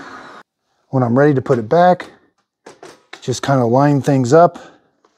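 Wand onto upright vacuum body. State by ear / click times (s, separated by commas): not seated / none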